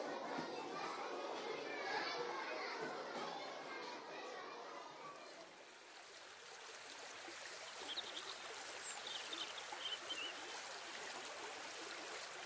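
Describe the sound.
Steady, hissing rush of water gushing from the source of a river on Cerro Verde, like a lively stream. Children's excited voices and play sounds ride over it for the first few seconds as they climb the hill, then the water continues on its own.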